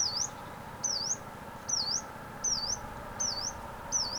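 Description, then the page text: Yellow-browed warbler uttering sharp, high notes that dip then rise, spaced under a second apart, over a steady hum. "Frank Lambert - Пеночка-зарничка (Phylloscopus inornatus)"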